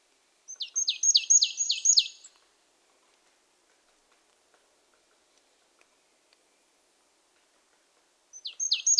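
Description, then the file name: Marsh tit gives a fast burst of several high, down-slurred notes, then near silence, before a second similar burst starts at the very end. "Poecile palustris"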